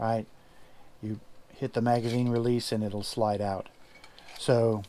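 A 13-round Para P10 extended magazine, its opening widened with a carbide bit and its collar removed, is handled at the magazine well of an RIA BBR 310 pistol. Someone talks throughout, with faint metallic handling sounds between the words. The magazine has not been pushed home and nothing has clicked or locked in yet.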